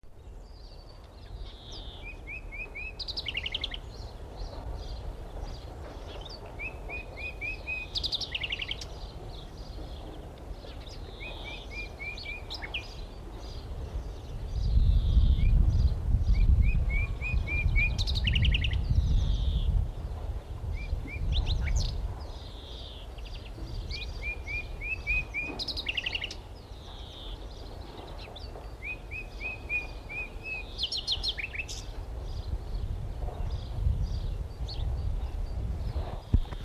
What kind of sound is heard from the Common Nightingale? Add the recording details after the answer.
song. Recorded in the wild. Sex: male. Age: adult. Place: Arkenberge, Berlin, DE. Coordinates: 52.6219, 13.4075. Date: 1975-05-02 10:18. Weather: partly sunny, 16°C. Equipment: Uher CR 210, Sennheiser MD 421, Verstärker, Kopie Uher 4200. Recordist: Tembrock, Günter. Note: Gesang, die erste Nachtigall des Jahres, an der bekannten Stelle bei der Siedlung an den Arkenbergen, Schutzgebiet Schildow